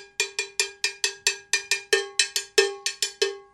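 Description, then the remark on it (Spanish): A cowbell (campana) used in cumbia percussion, struck in a steady rhythm, about fifteen bright metallic clanks with quick decays, a few hits accented louder than the rest, played alone with no voices. “Y después tenemos la campana, ¿no? Que generalmente se usa más para salsear, pero también se usa muchísimo, ¿no?”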